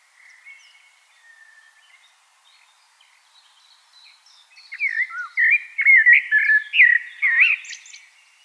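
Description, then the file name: Common blackbird: faint soft notes at first, then a loud, tumbling phrase of fluty whistles and quick twitters in the second half. "Turdus merula"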